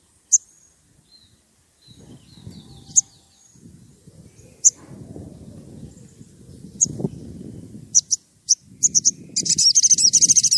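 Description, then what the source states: Oriental magpie-robin sounds scattered high sharp notes, which build into a rapid, buzzy rattling series at the end, over a low background rumble. Chatty, vocal magpie-robin whistling, used as a lure to draw other magpie-robins into answering.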